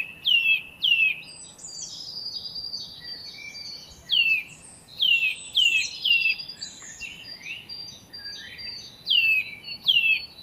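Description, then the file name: Eurasian nuthatch giving sharp, descending whistled calls, often in pairs, with softer high notes between them. "Sitta europaea"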